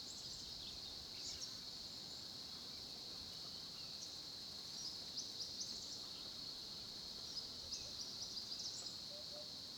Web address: Tonschliff - SOUTH AFRICAN CRICKETS BG South Africa Kruger Olifants 1030 am small pond